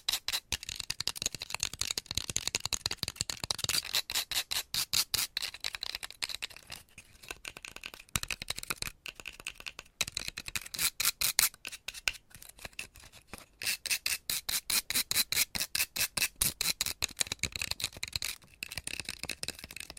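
Long nails scratch and tap quickly and aggressively in dense, crisp bursts with a bright, clicky edge. The rapid strokes come in runs separated by brief pauses, with sharper, more regular tapping clusters around the middle and near the end.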